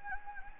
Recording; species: mosquito wingbeat signal from an infrared sensor; Anopheles gambiae